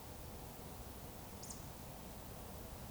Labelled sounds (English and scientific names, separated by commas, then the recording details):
Eurasian Woodcock (Scolopax rusticola) whistle
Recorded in Baden-Württemberg, Germany, on 19 May 2020 at 20:08 UTC
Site 31917, 145 m above sea level